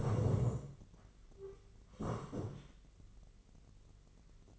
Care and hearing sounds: daily activity, microphone in the room; sit down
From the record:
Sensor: 4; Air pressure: 1013.1 hPa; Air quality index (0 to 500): 174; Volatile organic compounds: 2 ppm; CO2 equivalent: 1102 ppm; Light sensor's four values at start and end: 50/123/52/55 and 50/123/52/55

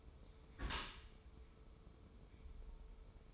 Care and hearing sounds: daily activity, microphone in the room; close dishwasher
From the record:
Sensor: 1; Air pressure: 1015.0 hPa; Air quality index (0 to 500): 25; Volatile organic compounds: 0 ppm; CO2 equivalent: 500 ppm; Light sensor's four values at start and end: 13/30/12/13 and 13/30/12/13

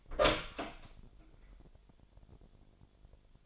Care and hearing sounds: daily activity, microphone in the room; open door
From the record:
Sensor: 5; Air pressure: 1007.6 hPa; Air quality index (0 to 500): 153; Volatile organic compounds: 3 ppm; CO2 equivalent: 1469 ppm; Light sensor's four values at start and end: 57/163/63/63 and 57/161/62/62

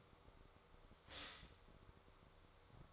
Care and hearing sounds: daily activity, microphone in the room; stop toaster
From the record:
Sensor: 3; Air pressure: 1004.2 hPa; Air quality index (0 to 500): 200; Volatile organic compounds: 15 ppm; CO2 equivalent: 2508 ppm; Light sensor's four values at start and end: 4/11/4/4 and 4/11/4/4

